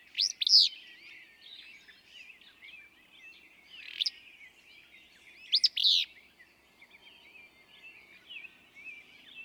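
Willow flycatcher: burry two-part phrase, a lone rasping note, then another sneezy phrase, with soft background chirps of other small birds.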